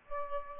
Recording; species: mosquito wingbeat signal from an infrared sensor; Aedes aegypti